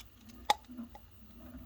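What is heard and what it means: A deep socket wrench backs off the bearing nut on a spinning top's tip axle by about half a turn after seating the bearings. A faint, sharp click at 0.5 s marks the bearing preload releasing, followed by a softer tick near 1.0 s. The preload is released, leaving a little room so the tip spins smoother.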